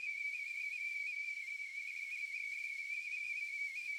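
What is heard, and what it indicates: Steady high-pitched whistle, like a tea kettle going off, held throughout with a faint hiss above it: a simulation of how tinnitus can sound.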